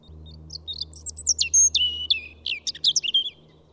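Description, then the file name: European robin singing a varied phrase of high, thin piercing whistles and quick dropping slurs, with brief trilled notes, over a low background hum. "Erithacus rubecula"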